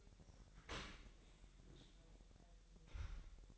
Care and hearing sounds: daily activity, microphone in the room; open dishwasher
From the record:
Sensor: 3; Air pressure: 1000.5 hPa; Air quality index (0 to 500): 248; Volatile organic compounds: 172 ppm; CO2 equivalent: 4114 ppm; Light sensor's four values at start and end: 11/26/11/10 and 11/26/11/10

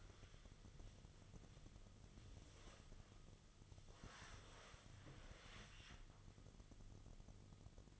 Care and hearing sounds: daily activity, microphone in the room; wipe stove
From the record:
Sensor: 4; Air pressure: 1005.7 hPa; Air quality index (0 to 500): 110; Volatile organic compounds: 3 ppm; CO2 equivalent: 1380 ppm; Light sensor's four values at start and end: 11/26/10/10 and 12/27/10/10

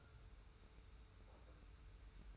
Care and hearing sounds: daily activity, microphone in the room; take from stove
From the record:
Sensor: 2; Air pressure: 990.9 hPa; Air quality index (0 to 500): 110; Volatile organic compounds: 48 ppm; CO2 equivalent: 3263 ppm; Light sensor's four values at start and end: 35/103/40/39 and 35/103/40/39

